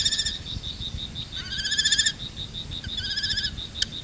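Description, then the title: Common kestrel uttering three short, rasping trilled bursts, with a thin continuous high tone and low background noise. Recorded at Baiyangdian; the kestrel is nicknamed the "vole killer". "家住白洋淀——我的观鸟笔记 “田鼠杀手”红隼"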